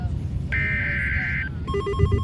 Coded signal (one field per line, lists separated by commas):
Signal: Emergency Alert System (SAME) tones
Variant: header bursts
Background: speech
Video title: Severe Thunderstorm Warning - EAS #530